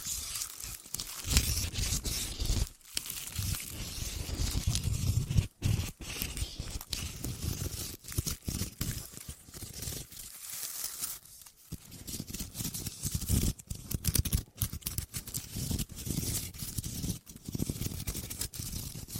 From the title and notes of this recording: ASMR 9 New Tingle Triggers + Mic Test Deep Ear Crinkles, Clicky, Scratchy, Massage （No Talking）.